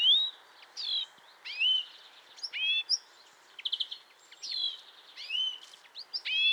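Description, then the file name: European greenfinch in busy calling: rising whistled sweeps, buzzy stuttering trills and quick chirps follow closely one after another over gentle background noise. "Chloris chloris"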